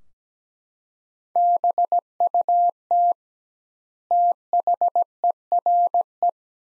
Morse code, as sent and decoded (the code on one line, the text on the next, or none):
-... ..- - / - .... . .-. .
BUT THERE